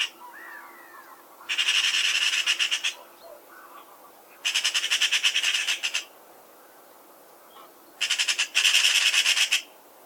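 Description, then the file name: Eurasian magpie rattling chatter in several bursts of rapid harsh notes. "Pica pica 160899"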